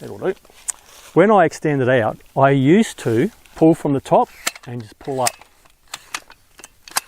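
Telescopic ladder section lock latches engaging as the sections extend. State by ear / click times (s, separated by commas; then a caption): seated / 5.9 s, 6.2 s, 6.9 s, 7.0 s. Someone talks while pulling a telescopic ladder up from the top so its sections extend. Sharp, solid clicks sound at 5.9, 6.2, 6.9 and 7.0 seconds as each section's locking latches engage. The sections lock into place.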